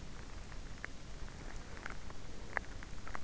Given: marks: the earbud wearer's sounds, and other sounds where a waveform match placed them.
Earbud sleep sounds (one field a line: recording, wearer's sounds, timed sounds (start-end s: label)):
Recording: sounds in sleep by an in-ear microphone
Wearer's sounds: teeth grinding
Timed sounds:
0.03-3.24 s: teeth grinding